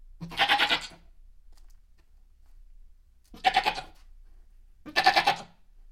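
Goat bleating three times, each bleat a harsh, quavering, pulsed cry under a second long, with quiet pauses between; no other clear sounds.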